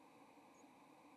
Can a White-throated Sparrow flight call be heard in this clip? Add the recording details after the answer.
no. Another species' flight call is heard. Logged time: 07:53 on 30 October 2014